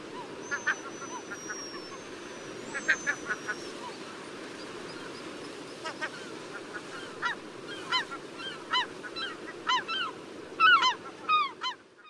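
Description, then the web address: Glaucous-winged gull giving a series of short, harsh cries over steady background noise, with a thin high whistle near the start. Western United States. "Songs of Birds of North America Western USA Songbirds. Glaucous-Winged Gull"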